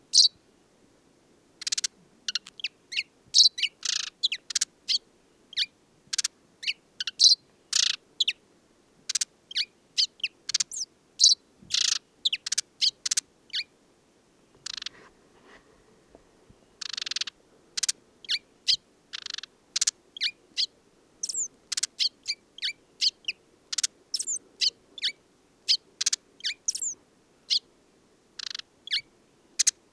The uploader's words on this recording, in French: Le Moineau blanc du désert - Mauritanie. Oasis de Mayateg - Mauritanie - Tlp7 - mixpre3. Un mâle de Moineau blanc (Passer simplex) c'est installé au sommet d'un acacia et là quelle surprise d'entendre un joli petit chant. Il est composé de gazouillis, de trilles, de quelques inventions et n'est pas sans rappeler le chant de la Linotte mélodieuse. Pointant la parabole et grâce à un vent absent je me laisse surprendre par ce chant.